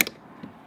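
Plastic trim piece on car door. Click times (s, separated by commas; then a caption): 0.1 s. A plastic trim piece is pried off a BMW M4 (F82/F30) car door during a stage 1 audio upgrade. It pops free with a single sharp snap at 0.1 s, followed by a faint, softer knock around 0.4 s. The trim piece is released from the door.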